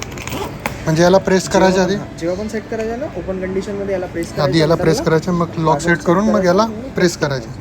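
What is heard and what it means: With the dials set back to 1-2-3, the shackle of a suitcase combination lock is released from the lock body, giving a sharp click at 0.7 s after a few small clicks near the start. The lock opens, and someone talks throughout the rest of the clip.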